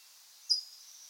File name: Melozone crissalis - California Towhee